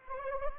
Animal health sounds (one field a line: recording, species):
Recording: mosquito wingbeat signal from an infrared sensor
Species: Anopheles arabiensis